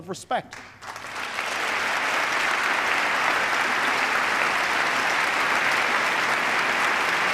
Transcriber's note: applause